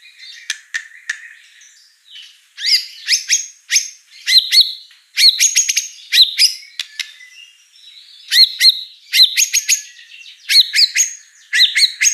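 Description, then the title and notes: White-rumped shama song: clipped high notes and clicks in irregular bursts with short whistled phrases, separated by brief pauses. Lure song (pancingan) of a prolific, chatty (gacor) bird with a rich repertoire of fill-in phrases (isian mewah). "Pancingan Gacor Murai Batu Bongkar Isian Mewah. Audio Murai Batu Dongfeng"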